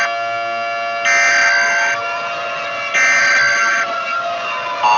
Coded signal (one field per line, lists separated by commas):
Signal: Emergency Alert System (SAME) tones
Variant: header bursts